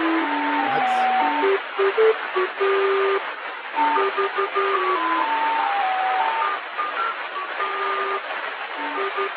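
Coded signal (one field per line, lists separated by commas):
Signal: numbers station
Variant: Lincolnshire Poacher (E03)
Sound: a simple electronic folk-tune melody of steady tones through hissy shortwave static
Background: radio static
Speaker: that is the most famous of the number stations that's called the Lincolnshire poacher and uh that because that's that creepy little song you heard at the beginning um and then you heard those numbers right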